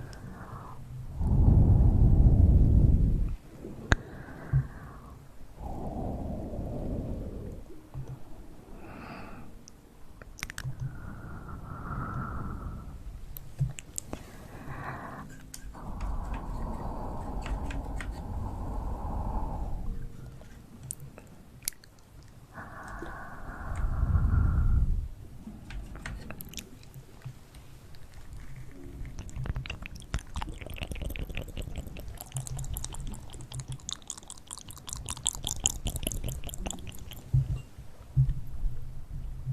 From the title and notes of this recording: ASMR Hand Sounds & Movements, Mouth Sounds.